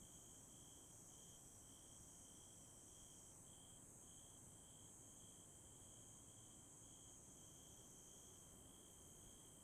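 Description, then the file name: Bell cricket chirping in steady high ringing pulses, briefly pausing then resuming, over a continuous shrill insect chorus and low rumble. "鈴虫鳴き声"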